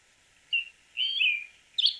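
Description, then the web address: Slaty thrush song: three short phrases, a brief whistle, a longer slurred warble, then a sharp high note. "cantos zorzalplomizo"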